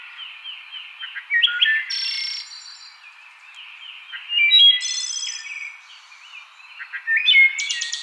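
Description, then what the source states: Wood thrush song: fluty whistled phrases of varied pitch, each ending in a high ringing flourish, with short pauses between phrases. Recorded 6 May 2007.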